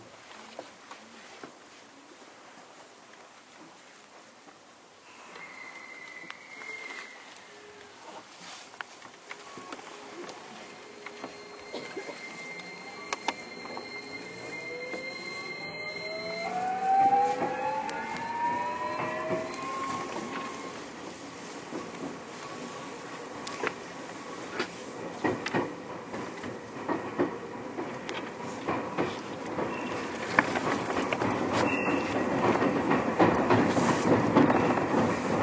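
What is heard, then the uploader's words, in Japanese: A Keio 1000 series train gets under way after a few quiet seconds. From about 12 to 20 seconds, the motor's whining tones climb in pitch as it speeds up. After that, a dense running roar with scattered clicks grows steadily louder to the end. 京王1000系 渋谷〜吉祥寺。急行運用を録音しました。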